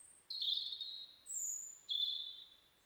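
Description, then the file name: European robin song: three thin, high whistled notes in sequence, the second pitched highest and slightly descending, with short gaps between them. "Erithacus rubecula"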